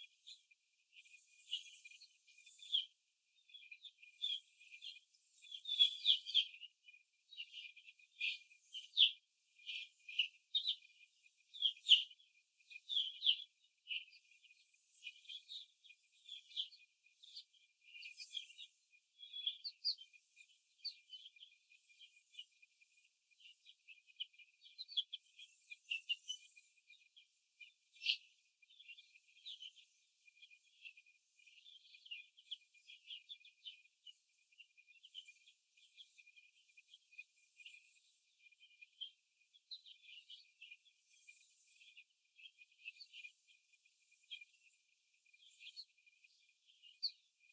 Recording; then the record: young laying hens in a cage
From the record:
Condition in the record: after the stressor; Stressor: simulated dog barking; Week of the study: 2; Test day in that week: 2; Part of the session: 2